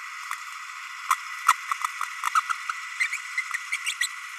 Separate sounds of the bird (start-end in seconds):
1.10-1.16, 1.48-1.53, 2.35-2.42, 2.49-2.52, 3.00-3.08, 3.11-3.17, 3.37-3.41, 3.71-3.77, 3.85-3.92, 4.00-4.08